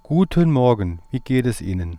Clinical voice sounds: spoken sentence; German; male; 40 to 49 years; 0; 0; 0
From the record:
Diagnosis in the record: healthy voice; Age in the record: 49 years

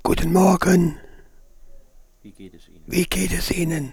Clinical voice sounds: spoken sentence; German; male; 60 to 69 years; 3; 1; 3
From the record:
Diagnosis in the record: frontolateral partial laryngectomy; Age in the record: 67 years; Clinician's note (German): Zustand nach Hemilaryngektomie mit mäßiger Dysphonie, leichte supraglottale Kompensation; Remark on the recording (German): Der Satz ist unterbrochen von einem Hinweis des Aufnahmeleiters.

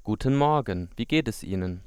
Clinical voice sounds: spoken sentence; German; male; 20 to 29 years; 0; 0; 0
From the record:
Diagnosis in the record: healthy voice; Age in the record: 26 years

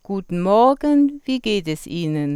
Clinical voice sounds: spoken sentence; German; female; 50 to 59 years; 2; 0; 0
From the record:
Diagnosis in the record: hyperfunctional dysphonia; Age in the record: 58 years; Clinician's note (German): Hyperfunktionelle Dysphonie

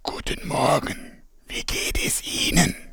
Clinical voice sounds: spoken sentence; German; male; 60 to 69 years; 3; 3; 3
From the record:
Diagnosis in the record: frontolateral partial laryngectomy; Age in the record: 65 years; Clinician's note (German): Zustand danach, mit supraglottischer Kompensation, kleine Granulome an den Stimmlippen und supraglottal

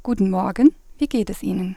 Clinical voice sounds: spoken sentence; German; female; 30 to 39 years; 0; 0; 0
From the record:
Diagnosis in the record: healthy voice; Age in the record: 33 years

